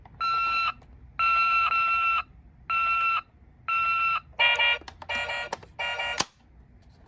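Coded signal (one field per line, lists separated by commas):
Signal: none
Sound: toy vehicle's beeps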